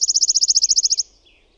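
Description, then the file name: Wood warbler song ending: a fast, high, evenly pulsed trill for about a second, trailing off into a few faint softer notes. "SIRITTAJA"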